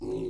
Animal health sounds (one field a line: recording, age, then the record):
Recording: pig call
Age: weaner (32 to 43 days)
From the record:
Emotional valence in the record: negative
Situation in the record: novel object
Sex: female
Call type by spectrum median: low-frequency call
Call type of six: low-frequency stable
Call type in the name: low-frequency stable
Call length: 0.29 s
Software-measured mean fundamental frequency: 53 Hz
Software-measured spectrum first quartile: 260 Hz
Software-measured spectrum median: 350 Hz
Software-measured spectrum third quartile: 420 Hz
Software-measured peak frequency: 364 Hz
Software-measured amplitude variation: 110 dB a second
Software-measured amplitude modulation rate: 25.5 a second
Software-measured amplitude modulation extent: 4.3 dB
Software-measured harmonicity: 6.5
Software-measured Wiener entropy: -0.54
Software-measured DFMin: 785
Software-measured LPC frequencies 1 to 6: 363, 845, 2697, 3944, 5063, 6514 Hz